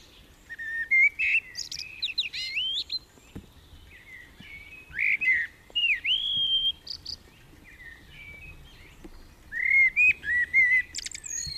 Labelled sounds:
Common Blackbird (Turdus merula) song
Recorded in the wild
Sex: male
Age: adult
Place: Garmisch-Partenkirchen, Bayern, DE
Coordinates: 47.4933, 11.0794
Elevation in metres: 704
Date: 1969-04-13
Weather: Schneefall
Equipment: Uher 4000 Report
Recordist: Tretzel, Erwin

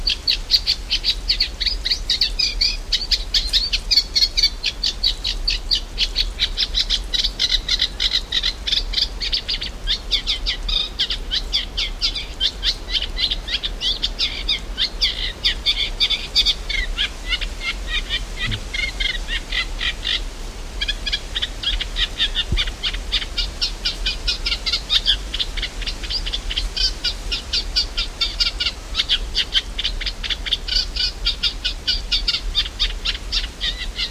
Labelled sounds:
Eurasian Reed Warbler (Acrocephalus scirpaceus) song
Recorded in the wild
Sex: male
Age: adult
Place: Mühlenbeck, Brandenburg, DE
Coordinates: 52.6928, 13.395
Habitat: lake
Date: 1991-07-28 11:50
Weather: sunny, 22-24°C, gusty winds
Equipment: Marantz CP 430, Kopie Tesla B 116
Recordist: Tembrock, Günter

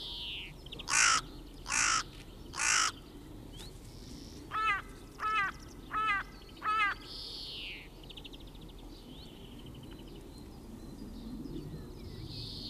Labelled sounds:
Common Raven (Corvus corax) call
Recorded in the wild
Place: Garmisch-Partenkirchen, Bayern, DE
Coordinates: 47.4903, 11.0708
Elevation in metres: 709
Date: 1967-04-02
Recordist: Tretzel, Erwin

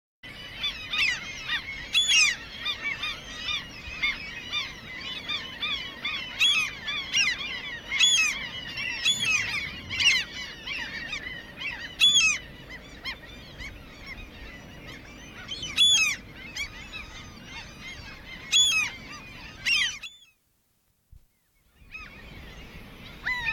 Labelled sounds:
Common Gull (Larus canus) call
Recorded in the wild
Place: Langenwerder, Mecklenburg-Vorpommern, DE
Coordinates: 54.027, 11.493
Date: 1969-06-05
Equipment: Nagra III BH, Sennheiser MD 421
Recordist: Schubert, Michael
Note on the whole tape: jauchzende Sturmmöwen ungestört, Ende der Brutzeit, Nester am Wärterhäuschen, für LP verwendet

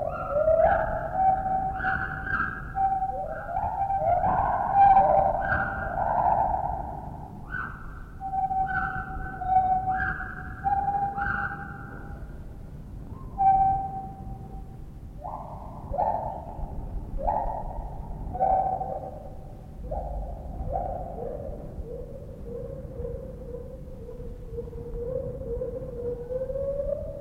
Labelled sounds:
Lar Gibbon (Hylobates lar)
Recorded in captivity
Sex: pair
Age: adult
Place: Zoo Berlin, Berlin, DE
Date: 1960-10-29 12:05
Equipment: Minifon, Kopie Smaragd
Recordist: Tembrock, Günter

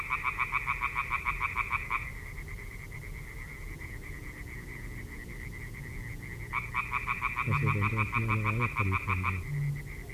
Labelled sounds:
Common Tree Frog (Hyla arborea) call
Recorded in the wild
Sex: male
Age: adult
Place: Parsteiner See, Barnim, Brandenburg, DE
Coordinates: 52.9578, 13.9856
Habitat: reed
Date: 2006-05-09 21:42
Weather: klare Nacht, 15°C, schwacher bis mäßiger Nordwind
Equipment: Marantz PMD 660, Sennheiser MKH 70, Windkorb, -20dB
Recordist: Frommolt, Karl-Heinz

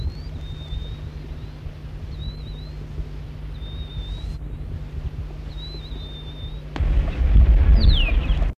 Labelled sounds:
Black-faced Waxbill (Estrilda erythronotos) call
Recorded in the wild
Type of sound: call
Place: Südwestafrika
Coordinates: -23, 17
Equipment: Halbspur, 9,5 cm/s
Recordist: Lütgens, Hans
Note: Rufe

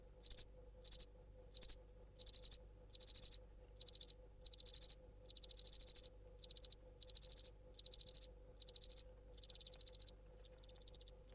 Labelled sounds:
House Cricket (Acheta domesticus)
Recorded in captivity
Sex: male
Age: imago
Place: DE
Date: 1962-02-06 14:00
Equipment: Smaragd, Grundig-Mikrofon
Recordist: unbekannt, keine Angabe

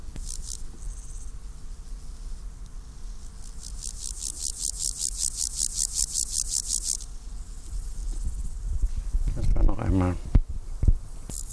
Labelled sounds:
Water-meadow Grasshopper (Chorthippus montanus) stridulation
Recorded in the wild
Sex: male
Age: imago
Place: Mühlenbeck, Brandenburg, DE
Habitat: Feuchtwiese
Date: 1997-08-31 15:05
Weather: 24°C, sonnig
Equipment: Sony MD-WM MZ-R3, Sennheiser ME 80, K 30 AV, Kopie Uher 4000 Report Monitor
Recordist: Tembrock, Günter

